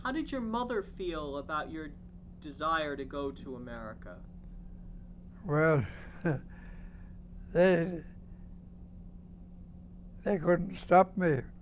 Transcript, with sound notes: How did you rmother feel about your desire to go to America?, (he laughs)
they, they couldn't stop me.